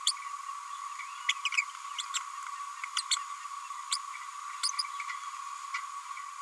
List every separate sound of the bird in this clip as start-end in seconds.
0.06-0.12, 1.28-1.32, 1.45-1.49, 1.57-1.62, 2.96-3.02, 3.92-3.96, 4.63-4.69